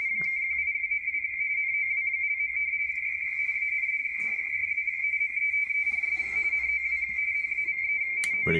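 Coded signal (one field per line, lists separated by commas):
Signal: RTTY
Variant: Baudot, 170 Hz shift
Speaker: depending on the day of the week the digital broadcast is in different modes tonight it's in Baldo rtty 170 Hertz shift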